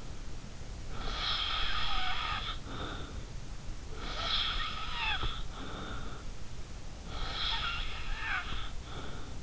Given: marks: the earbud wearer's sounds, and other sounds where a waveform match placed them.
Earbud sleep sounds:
sounds in sleep by an in-ear microphone; snoring breath
0.90-3.21 s: snoring breath
3.93-6.33 s: snoring breath
7.00-9.43 s: snoring breath

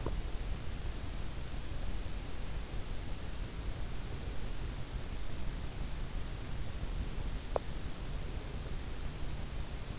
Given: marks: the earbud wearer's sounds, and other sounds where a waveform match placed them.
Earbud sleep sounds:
sounds in sleep by an in-ear microphone; teeth grinding
0.00-0.36 s: teeth grinding
7.40-7.80 s: teeth grinding

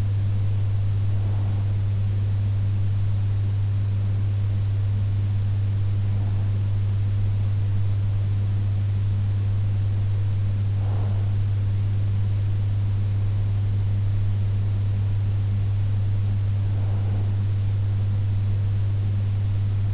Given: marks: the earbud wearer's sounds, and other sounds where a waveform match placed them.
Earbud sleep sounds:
sounds in sleep by an in-ear microphone; breath
0.00-1.99 s: breath
9.99-11.99 s: breath
15.99-17.99 s: breath

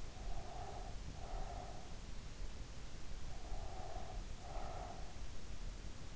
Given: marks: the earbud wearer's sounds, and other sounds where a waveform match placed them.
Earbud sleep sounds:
sounds in sleep by an in-ear microphone; breath
0.00-1.98 s: breath
3.41-5.21 s: breath

